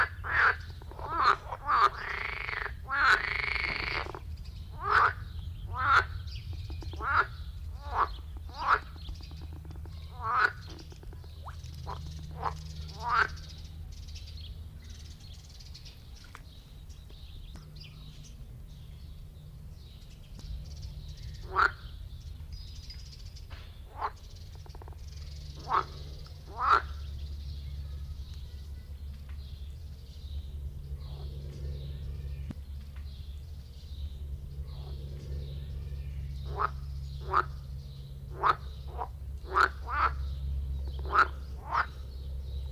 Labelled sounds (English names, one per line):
Edible Frog call